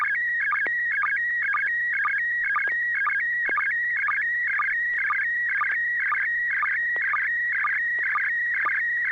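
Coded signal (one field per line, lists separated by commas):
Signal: SSTV (slow-scan television)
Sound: steady high whistle broken by rapid warbling chirps and clicks, repeating about twice a second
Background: low hum, radio channel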